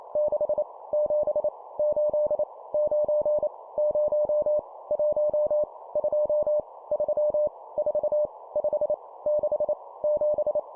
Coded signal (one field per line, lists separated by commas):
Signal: Morse code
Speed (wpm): 28 wpm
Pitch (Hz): 600 Hz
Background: none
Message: 6 7 8 9 0 1 2 3 4 5 6 7